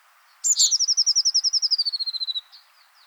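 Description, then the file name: Eurasian blue tit trill: a rapid string of bright, evenly spaced notes falling gradually in pitch, lasting about two seconds, then a faint final note. "Cyanistes caeruleus"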